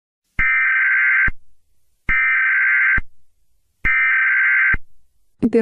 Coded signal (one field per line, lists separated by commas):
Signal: Emergency Alert System (SAME) tones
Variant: header bursts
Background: speech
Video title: Eas alarm animated MIXED series 1,2,3 (33 episodes)